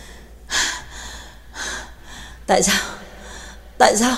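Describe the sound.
Heavy, ragged panting of a man out of breath after running nonstop, bent over with hands braced on his knees, with repeated breathy gasps roughly every second, the last two sharper and louder.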